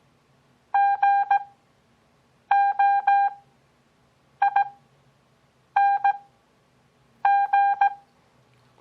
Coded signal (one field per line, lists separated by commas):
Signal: Morse code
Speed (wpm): 17 wpm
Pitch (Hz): 800 Hz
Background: none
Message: GOING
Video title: Copy Morse Code 5th Grade